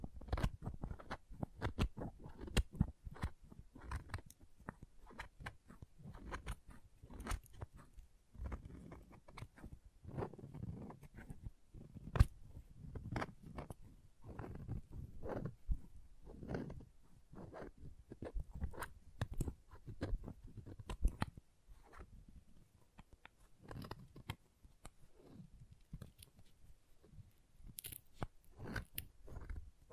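Crayons being tapped, carved and cut, heard as a dense run of short clicks, taps and scraping crunches that continue without pause. The sounds are mostly low and dry, with sharper bright snaps standing out every few seconds, notably near 12 and 21 seconds.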